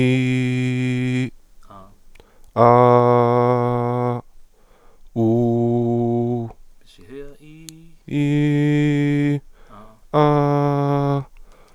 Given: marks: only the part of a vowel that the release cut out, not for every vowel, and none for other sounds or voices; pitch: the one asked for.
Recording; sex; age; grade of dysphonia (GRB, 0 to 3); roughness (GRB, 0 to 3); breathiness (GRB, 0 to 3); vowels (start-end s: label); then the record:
sustained vowels; male; 20 to 29 years; 0; 0; 0
0.00-1.18 s: vowel /i/, normal pitch
2.69-4.07 s: vowel /a/, normal pitch
5.25-6.35 s: vowel /u/, normal pitch
8.20-9.31 s: vowel /i/, high pitch
10.22-11.12 s: vowel /a/, high pitch
From the record:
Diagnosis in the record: healthy voice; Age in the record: 21 years